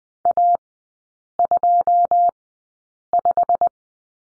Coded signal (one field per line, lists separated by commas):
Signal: Morse code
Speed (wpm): 20 wpm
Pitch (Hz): 700 Hz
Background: none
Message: A25